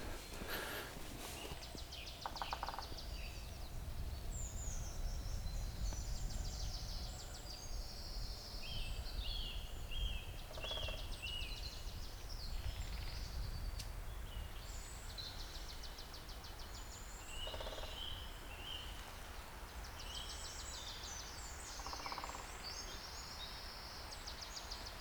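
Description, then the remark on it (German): At least three woodpeckers in a forest drum in short, rapid bursts of knocking, each a quick rattle, one far back, one directly in front and one to the left, over a steady low rumble while high bird chirps and trills carry on throughout. “Das ist ja der Hammer. Das sind ja mindestens 3 Spechte.”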